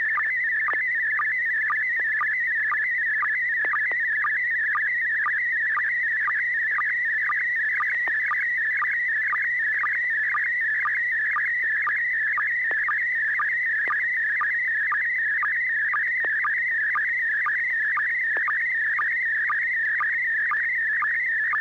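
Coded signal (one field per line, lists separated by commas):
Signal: SSTV (slow-scan television)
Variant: PD120 mode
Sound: continuous warbling whistle around 2 kHz with regular short low blips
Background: low hum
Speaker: was able to successfully transmit a photo very clean photograph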